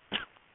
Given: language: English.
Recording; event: throat vibration sensor signal played as sound; cough